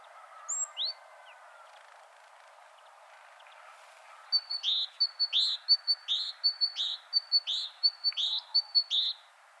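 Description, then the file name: Great tit song, two thin high notes at the start, then after a pause a fast series of repeated two-note phrases, each a high note sliding into a lower one. "Parus major"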